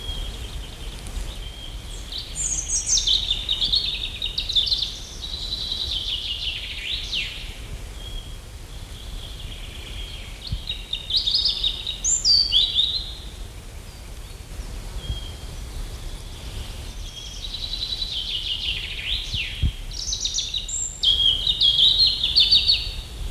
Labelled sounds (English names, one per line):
European Robin song